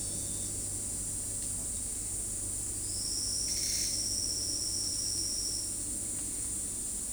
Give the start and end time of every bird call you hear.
[2.77, 5.69] Silvered Antbird (4.4-6.1 kHz)

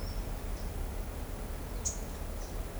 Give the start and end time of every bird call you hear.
[1.77, 2.10] Blue-gray Tanager (3.3-8.6 kHz)

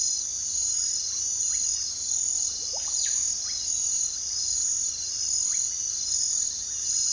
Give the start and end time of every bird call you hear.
[0.00, 3.53] Russet-backed Oropendola (0.7-5.8 kHz)
[5.50, 5.64] Russet-backed Oropendola (0.7-3.1 kHz)

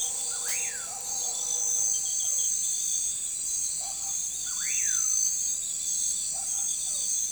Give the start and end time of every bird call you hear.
[0.31, 0.90] Common Pauraque (0.8-3.0 kHz)
[4.43, 5.04] Common Pauraque (1.0-3.6 kHz)

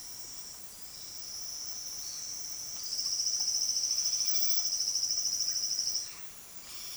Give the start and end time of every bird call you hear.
[2.77, 6.15] Silvered Antbird (4.3-7.1 kHz)
[3.97, 4.65] Yellow-tufted Woodpecker (1.4-4.3 kHz)

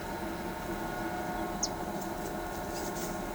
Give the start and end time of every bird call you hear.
[1.62, 1.71] White-eared Conebill (3.5-7.5 kHz)

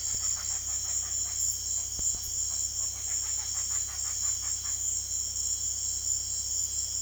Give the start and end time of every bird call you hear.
[0.00, 4.78] Yellow-rumped Cacique (0.5-5.2 kHz)

